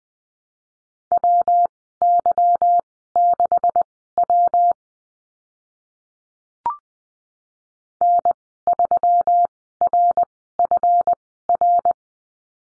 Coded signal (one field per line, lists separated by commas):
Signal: Morse code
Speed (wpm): 20 wpm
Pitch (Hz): 700 Hz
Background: none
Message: WY6W N3RFR